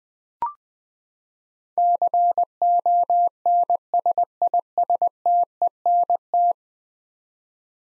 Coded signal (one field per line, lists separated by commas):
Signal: Morse code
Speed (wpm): 20 wpm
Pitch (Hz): 700 Hz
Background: none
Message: CONSISTENT